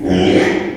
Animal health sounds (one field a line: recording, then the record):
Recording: squeal of a Yucatan mini pig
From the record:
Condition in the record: after surgery on the right vocal fold (resection and tissue-engineered implant)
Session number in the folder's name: 4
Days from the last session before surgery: 42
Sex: male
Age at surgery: 12 weeks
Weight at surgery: 13 kg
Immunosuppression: cyclosporine, prednisolone